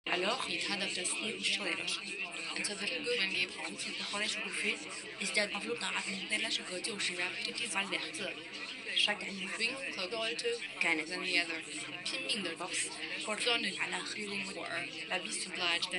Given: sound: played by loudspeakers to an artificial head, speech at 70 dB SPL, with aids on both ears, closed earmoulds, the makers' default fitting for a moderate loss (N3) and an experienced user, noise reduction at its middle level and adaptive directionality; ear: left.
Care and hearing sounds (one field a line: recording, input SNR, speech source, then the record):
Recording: speech test signal (ISTS) in cocktail-party noise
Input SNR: 0 dB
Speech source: in front (0 degrees)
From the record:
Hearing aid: class 2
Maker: C